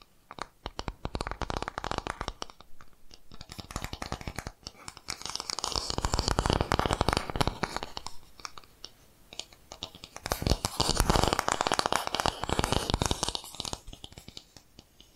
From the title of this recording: Tapping Different Areas of Your Brain 3D Panning Triggers